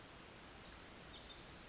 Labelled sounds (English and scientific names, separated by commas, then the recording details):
Pacific Wren (Troglodytes pacificus)
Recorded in Sonoma County, California